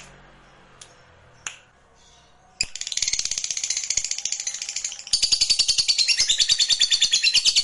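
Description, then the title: Lovebird chatter, a quiet start with a few clicks, then a rapid, dense, buzzy high twittering that grows louder and steadier toward the end. Lovebird reluctant to sing, prompted into sudden spirited song. "LOVEBIRD Malas Bunyi JADI GREGET SPONTAN Langsung NARIK"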